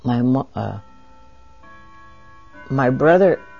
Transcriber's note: a clock chimes